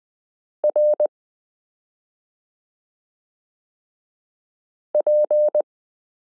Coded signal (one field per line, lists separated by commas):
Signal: Morse code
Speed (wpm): 20 wpm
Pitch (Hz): 600 Hz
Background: none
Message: RP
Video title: Morse Code Listening Lesson 13 - k r s u a p t l o w i (.)period n